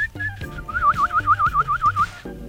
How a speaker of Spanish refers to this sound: No se queda ahí silbando?